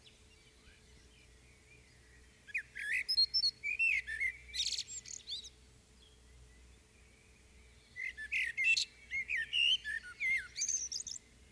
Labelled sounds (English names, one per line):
Common Blackbird song